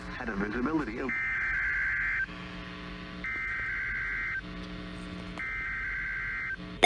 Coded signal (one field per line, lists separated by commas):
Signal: Emergency Alert System (SAME) tones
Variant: header bursts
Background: speech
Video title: South Dakota mocks Tennessee... AGAIN... EAS Alerts from 11/4/20-11/25/20 (EAS #405-410)